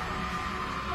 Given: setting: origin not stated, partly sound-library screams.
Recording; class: one-second piece from a danger detection set; woman in danger